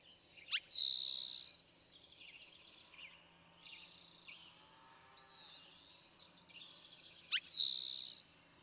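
Eastern towhee song twice, each a sharp note, slurred whistle and buzzy trill, with softer trills and chirps from other birds filling the pause.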